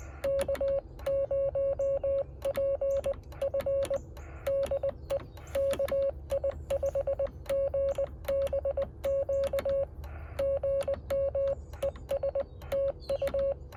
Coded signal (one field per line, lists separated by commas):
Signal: Morse code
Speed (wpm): 20 wpm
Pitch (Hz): 550 Hz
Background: none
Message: K0PF DE KI5GBQ GM ES TU